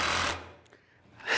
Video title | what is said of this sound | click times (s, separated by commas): I can't believe how hard this was to take apart. I almost gave up fixing the bush hog mower. | I just stripped out the puller it just stripped out the threads on the puller | 0.7 s